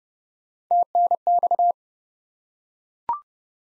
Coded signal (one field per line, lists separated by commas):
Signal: Morse code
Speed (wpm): 30 wpm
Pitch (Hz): 700 Hz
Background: none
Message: TNX